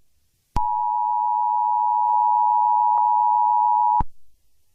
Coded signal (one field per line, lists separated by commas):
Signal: Emergency Alert System (SAME) tones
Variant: 853 and 960 Hz attention tone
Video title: Project Polaris | Recovered EAS Broadcast 2013 kumd